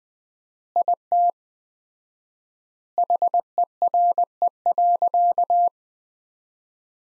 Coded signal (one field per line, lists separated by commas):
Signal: Morse code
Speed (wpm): 19 wpm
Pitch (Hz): 700 Hz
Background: none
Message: IT HERE.